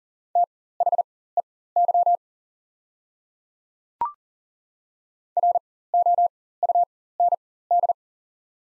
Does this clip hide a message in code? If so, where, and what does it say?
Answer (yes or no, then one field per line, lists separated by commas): yes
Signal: Morse code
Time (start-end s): 0.4-7.9 s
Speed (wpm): 40 wpm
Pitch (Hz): 700 Hz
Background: none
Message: THEY ROUND